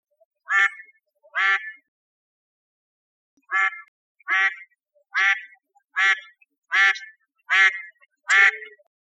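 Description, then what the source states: Mallard giving loud nasal quacks, two calls, a pause of nearly two seconds, then seven more in a steady rhythm. Recorded 5 November 2011.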